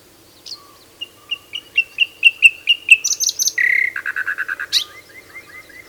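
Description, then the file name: Common nightingale song with a slow series of whistled notes swelling in loudness, then a rapid, buzzy rattling trill and a high upward flick. "Luscinia megarhynchos"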